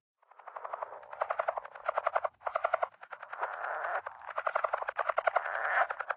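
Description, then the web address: Lowland leopard frog giving fast, rattling pulse trains that stop and restart several times. North America. "Songs of Frogs Toads of North America. Lowland Leopard Frog"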